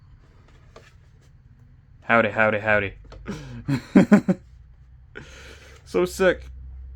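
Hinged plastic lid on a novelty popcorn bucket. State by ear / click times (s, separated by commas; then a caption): not seated / none. The hinged jaw lid of a plastic shark-shaped novelty popcorn bucket, a collectible, is handled while someone talks, with faint handling noises under the speech. The lid is not yet pressed closed and nothing has seated or clicked yet.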